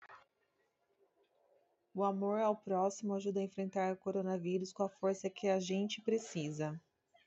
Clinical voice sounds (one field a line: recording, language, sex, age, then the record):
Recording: spoken sentence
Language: Brazilian Portuguese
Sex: female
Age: 40 to 49 years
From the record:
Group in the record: control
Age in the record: 41 years